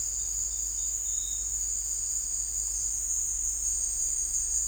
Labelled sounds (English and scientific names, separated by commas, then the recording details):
none
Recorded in secondary vegetation near Puerto Asís, Putumayo, Colombia, on 20 December 2024 at 16:00
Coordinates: 0.484, -76.319
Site GP06